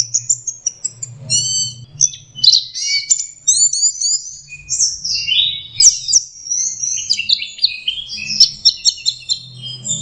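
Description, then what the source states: Orange-headed thrush song, a rich rapid medley of high whistles, trills and slurred notes delivered almost without pause, with a faint low hum beneath. Master recording for training Anis Kembang birds; 'teler' song style, version 4.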